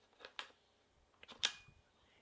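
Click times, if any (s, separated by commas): 1.4 s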